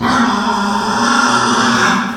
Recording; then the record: squeal of a Yucatan mini pig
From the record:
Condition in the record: after surgery on the right vocal fold (resection and tissue-engineered implant); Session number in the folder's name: 15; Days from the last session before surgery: 175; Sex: female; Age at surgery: 19 weeks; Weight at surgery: 25 kg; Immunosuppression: prednisolone